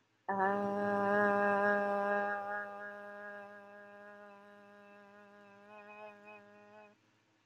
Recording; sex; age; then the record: vowel held as long as possible; female; 30 to 39 years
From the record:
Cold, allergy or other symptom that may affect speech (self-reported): no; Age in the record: 38 years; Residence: New York, United States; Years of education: 20